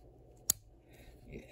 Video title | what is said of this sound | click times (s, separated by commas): Some of my Favorites. | hear it click into place. | 0.5 s